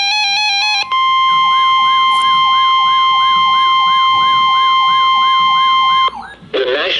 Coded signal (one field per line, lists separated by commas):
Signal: Emergency Alert System (SAME) tones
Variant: 1050 Hz attention tone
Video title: Severe Thunderstorm Warning - 07/24/16 (EAS #1,185)